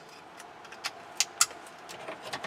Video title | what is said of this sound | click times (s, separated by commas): How to repair no fan speed on a 2008 Ford F350 | everything that we took out it's just little push pins and you'll hear it snap in place | 1.2 s, 1.4 s